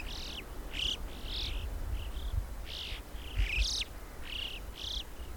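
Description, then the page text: Alpine chough, bright high whistled calls, some rising, others drooping, spaced irregularly throughout over a steady low rumble. "Christian Brinkman - Альпийская галка (Pyrrhocorax graculus)"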